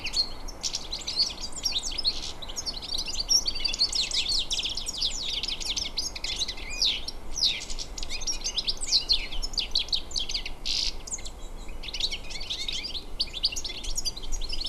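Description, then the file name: European goldfinch twittering calls, dense, rapid and liquid chirps running almost continuously, with low steady background noise. "Carduelis carduelis"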